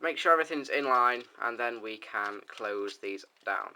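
A plastic transforming figure's panels are lined up to be closed down onto the body while converting it to vehicle mode. Someone talks throughout, and no click is heard; nothing has seated or clicked yet.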